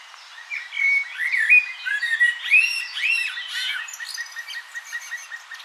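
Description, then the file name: Blackbird warbling a quick run of fluted, looping notes, followed by a steady series of short even chips. "Turdus merula"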